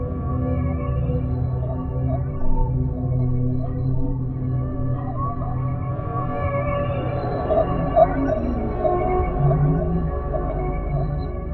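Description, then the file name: Whale calls, layered low droning moans with wavering harmonics, steady throughout, with higher tones appearing in the second half. "sad whales"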